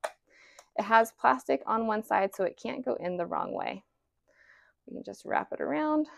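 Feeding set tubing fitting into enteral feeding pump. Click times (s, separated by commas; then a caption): 0.1 s. A feeding bag's tubing is wrapped around the black wheel of a teal Moog Infinity enteral feeding pump and stretched back, and its plastic fitting snaps into its seat with a sharp click at 0.1 s. The fitting is seated, and someone talks for the rest of the clip.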